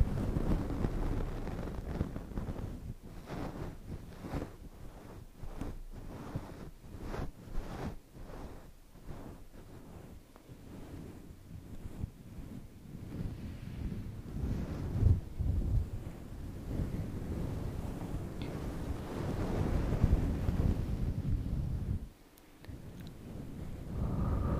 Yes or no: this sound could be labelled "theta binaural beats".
no